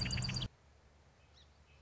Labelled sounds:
Song Sparrow (Melospiza melodia)
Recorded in Sonoma County, California

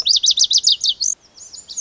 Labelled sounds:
Lazuli Bunting (Passerina amoena)
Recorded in Sonoma County, California

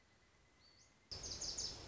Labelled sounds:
Pileated Woodpecker (Dryocopus pileatus)
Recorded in Sonoma County, California

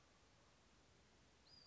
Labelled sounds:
Western Flycatcher (Empidonax difficilis)
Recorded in Sonoma County, California

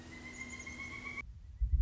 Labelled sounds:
Pileated Woodpecker (Dryocopus pileatus)
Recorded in Sonoma County, California

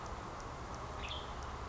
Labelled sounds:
Western Tanager (Piranga ludoviciana)
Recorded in Sonoma County, California

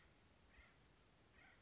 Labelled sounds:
Acorn Woodpecker (Melanerpes formicivorus)
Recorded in Sonoma County, California

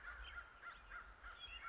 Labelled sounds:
American Crow (Corvus brachyrhynchos)
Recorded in Sonoma County, California

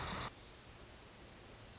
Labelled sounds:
Wilson's Warbler (Cardellina pusilla)
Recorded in Sonoma County, California

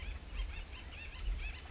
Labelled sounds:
Acorn Woodpecker (Melanerpes formicivorus)
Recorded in Sonoma County, California

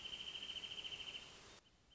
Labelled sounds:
Wrentit (Chamaea fasciata)
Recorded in Sonoma County, California

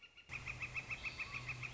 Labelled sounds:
Northern Flicker (Colaptes auratus)
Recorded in Sonoma County, California

